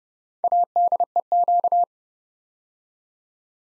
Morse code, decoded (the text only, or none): ADEQ